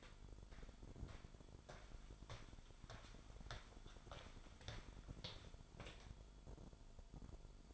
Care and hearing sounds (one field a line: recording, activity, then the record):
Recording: daily activity, microphone in the room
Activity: walk to room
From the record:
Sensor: 5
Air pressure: 1008.3 hPa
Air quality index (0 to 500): 124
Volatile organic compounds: 1 ppm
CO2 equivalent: 954 ppm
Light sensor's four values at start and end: 35/82/33/32 and 35/79/32/32